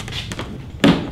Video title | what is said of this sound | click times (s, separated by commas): Freedom Shields Motorcycle Windshield Review | you'll hear you just heard it snap there it is it's snapped it's in place i do like that | 0.8 s